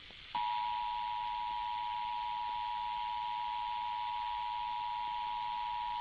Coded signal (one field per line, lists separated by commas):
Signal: Emergency Alert System (SAME) tones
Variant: 853 and 960 Hz attention tone